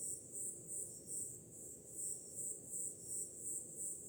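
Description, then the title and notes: Crickets chirping in quick, high pulses close to three a second, with a soft low roar of waves throughout. Summer night, with ocean sound in the background. "Som do mar ao fundo, grilos e cigarras em uma noite de verão – Ocean, crickets and cicadas in a summer night"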